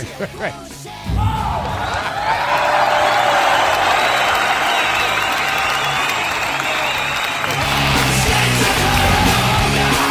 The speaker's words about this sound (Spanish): Por unos aplausos enlatados,